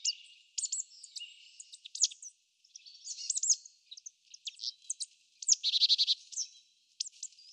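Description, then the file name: Marsh tit calling busily: rapid high chips and whistled notes, with a harsh buzzy run near six seconds, almost continuous throughout. "Poecile palustris"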